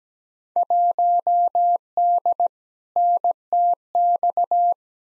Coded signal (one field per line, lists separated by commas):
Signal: Morse code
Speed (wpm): 17 wpm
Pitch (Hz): 700 Hz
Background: none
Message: 1D NTX